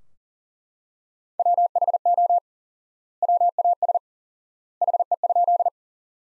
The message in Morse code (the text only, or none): WHO WAS HE?